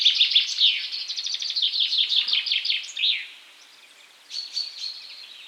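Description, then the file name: Common chaffinch song, a cascading run of sharp notes speeding and dropping in pitch for three seconds before a final flourish, then thin high calls. "Fringilla coelebs"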